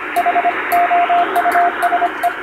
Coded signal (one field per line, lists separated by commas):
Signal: Morse code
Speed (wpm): 25 wpm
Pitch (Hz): 700 Hz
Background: radio noise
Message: HOUSE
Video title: ノイズに埋もれるモールス符号を受信してみよう！昔なつかしい短波の雑音に埋もれていたＣＷを聞いて昭和を思い出そう！ハムの受信練習にも(morse practice for radio operator)